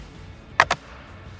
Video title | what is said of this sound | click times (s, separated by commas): 2018-2023 Mustang Infotainment Digital Gauge Instrument Panel Speedometer Cluster Review & Install | will just click nicely into place. | 0.6 s